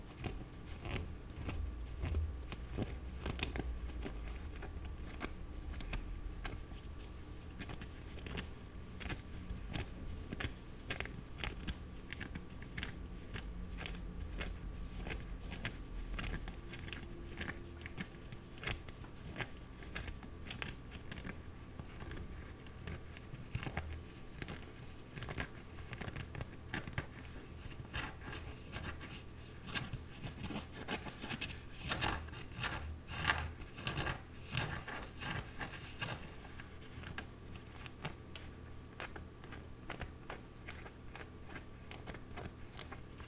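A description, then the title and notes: A glove scratches continuously, a dense run of rough, crackly rubs over a low rumble and a faint steady hum, busiest around thirty seconds. Glove Scratching.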